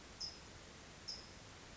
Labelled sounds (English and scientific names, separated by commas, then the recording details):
California Towhee (Melozone crissalis)
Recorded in Sonoma County, California